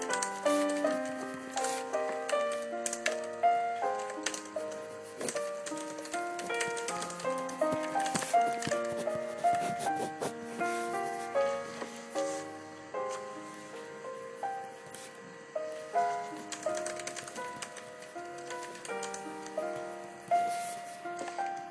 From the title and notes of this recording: There's sound of typing on the keyboard and stuff.